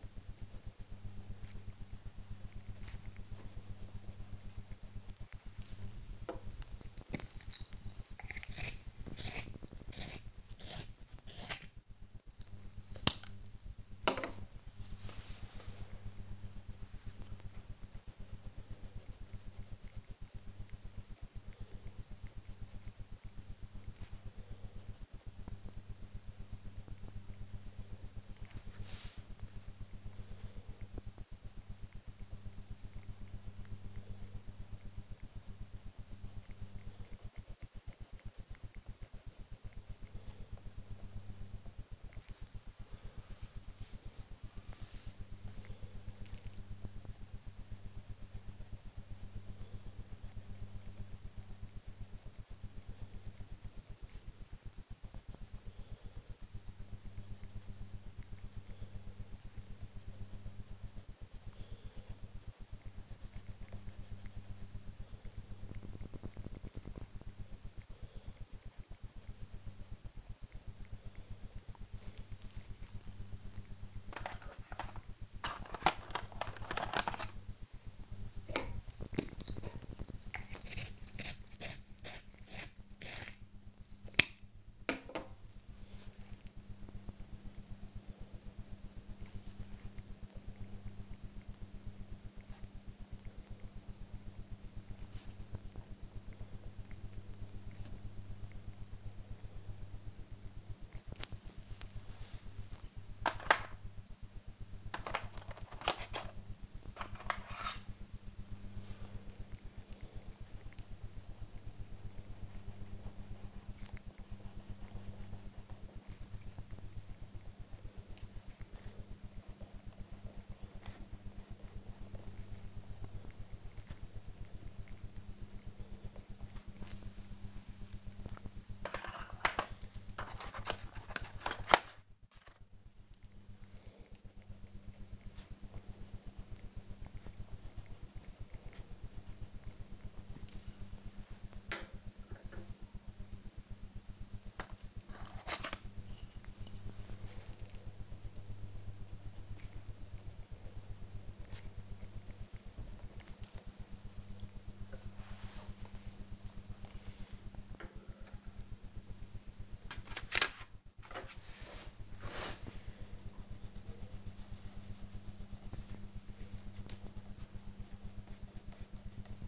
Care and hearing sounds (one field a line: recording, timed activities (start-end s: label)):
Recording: household activities, microphone on the right wrist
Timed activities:
2.57-158.02 s: drawing
163.04-169.47 s: drawing